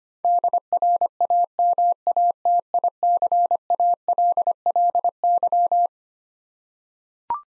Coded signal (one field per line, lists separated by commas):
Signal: Morse code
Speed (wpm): 25 wpm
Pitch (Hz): 700 Hz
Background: none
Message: DRAMATICALLY